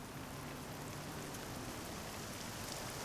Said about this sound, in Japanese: あ、雨。